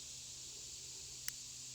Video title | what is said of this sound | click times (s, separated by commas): Rock Island Armory Revolvers - Things to look for | there's the first click the cylinder stop has engaged the cylinder well but not in a groove yet | 1.3 s